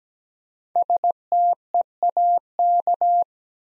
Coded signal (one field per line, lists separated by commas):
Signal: Morse code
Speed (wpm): 17 wpm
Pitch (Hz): 700 Hz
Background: none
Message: STEAK